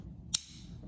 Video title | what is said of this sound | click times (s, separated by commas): Buck Knives 722 Spitfire Folding Knife | I love that I can hear it lock. | 0.4 s